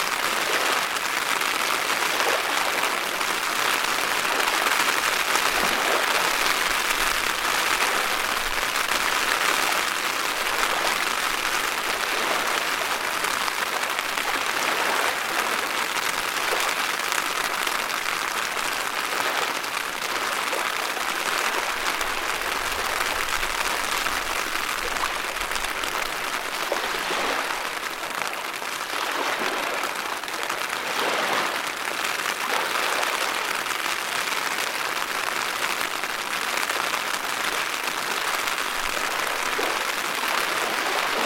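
Steady rain falls through the whole recording, a dense, even hiss made of countless tiny patters, bright with little low rumble beneath. The level barely shifts, with only faint swells of heavier drops now and then.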